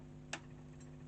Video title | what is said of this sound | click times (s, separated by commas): How to Use the Brother LS14 Sewing Machine (Beginner Friendly) What’s on My Table Thursday | All you do, you just slide it until you hear a click. | 0.3 s